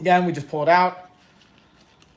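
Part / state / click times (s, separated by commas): resistance band loop lock on the band handle / released / 1.6 s, 2.0 s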